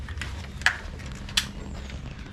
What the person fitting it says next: you hear the click you're ready to go